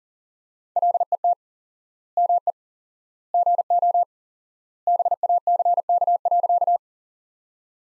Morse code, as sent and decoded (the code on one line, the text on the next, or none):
.-.. . - / -- . / --. --- / -... .- -.-. -.- .-.-.-
LET ME GO BACK.